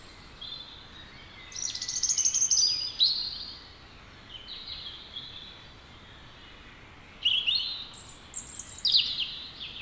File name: Erithacus rubecula